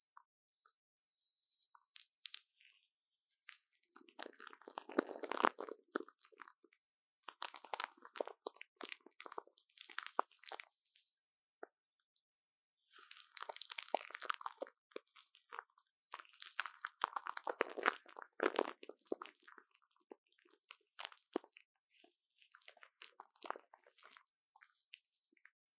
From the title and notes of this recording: Brain Tingling Mic Brushing | Plastic Wrap | NoTalking.